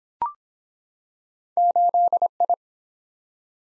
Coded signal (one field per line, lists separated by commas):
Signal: Morse code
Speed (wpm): 23 wpm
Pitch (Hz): 700 Hz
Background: none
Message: 8I